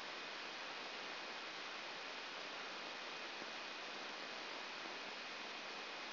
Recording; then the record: brain microelectrode recording played as sound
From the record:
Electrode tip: outside the subthalamic nucleus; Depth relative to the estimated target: -1 mm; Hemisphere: right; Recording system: AlphaMap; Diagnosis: Parkinson's disease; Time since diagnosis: 15 years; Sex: female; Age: 68 years